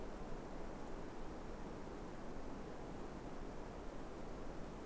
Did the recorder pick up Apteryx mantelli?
no